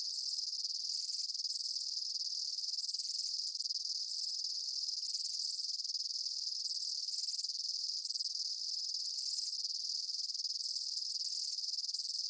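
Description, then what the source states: Steady insect chorus of high buzzy trills, layered and unbroken, with slight lower pulses roughly every two seconds. Summer afternoon in a field.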